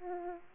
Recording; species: mosquito wingbeat signal from an infrared sensor; Aedes aegypti